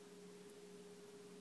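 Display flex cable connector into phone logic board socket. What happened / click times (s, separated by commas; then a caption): No seating click yet; the connector has not gone home / none. A phone screen flex cable connector is being handled over its socket on an iPhone 5c logic board during an LCD screen replacement, but nothing has seated or clicked yet. Steady broadband hiss and a constant low hum with tones near 180 Hz and 400 Hz fill the clip, with no distinct transients.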